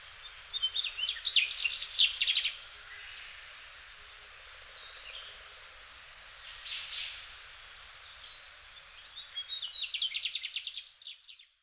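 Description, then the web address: Mugimaki flycatcher giving high, rapid trilled phrases: a bright burst early, a brief sound midway, then another trilled phrase near the end. Hyogo, May 2009. "koe mugimaki 0905 hyogo kaji"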